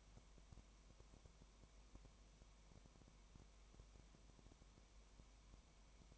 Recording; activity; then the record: daily activity, microphone in the room; no activity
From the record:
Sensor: 1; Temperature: 19.1 degrees Celsius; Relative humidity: 34.1%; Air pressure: 1001.3 hPa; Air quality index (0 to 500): 82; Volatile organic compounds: 1 ppm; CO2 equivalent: 821 ppm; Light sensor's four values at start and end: 1/2/1/1 and 1/2/1/1